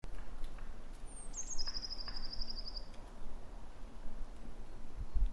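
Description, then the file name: Eurasian blue tit call: a high, thin descending note runs into a rapid, level trill lasting over a second, with steady low-pitched noise underneath. "Cyanistes caeruleus"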